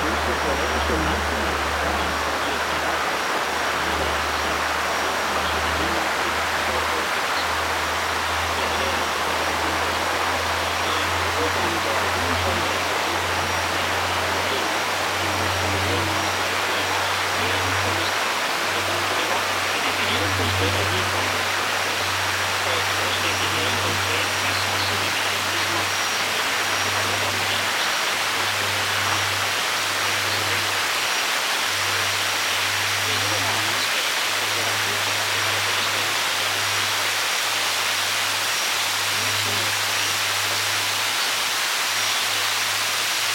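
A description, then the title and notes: Shortwave radio hiss fills the clip with a dense, steady rush, over a low hum band that wavers and cuts in and out throughout. My first nighttime voltage controlled shortwave radio experiment with a 25 foot antenna.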